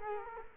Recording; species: mosquito wingbeat signal from an infrared sensor; Culex quinquefasciatus